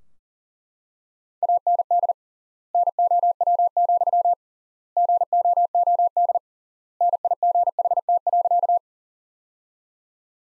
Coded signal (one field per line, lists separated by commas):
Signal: Morse code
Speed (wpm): 40 wpm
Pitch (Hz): 700 Hz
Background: none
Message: AND NOW, GOOD NIGHT.